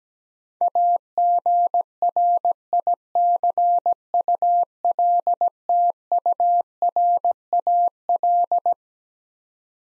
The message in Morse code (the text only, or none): AGRICULTURAL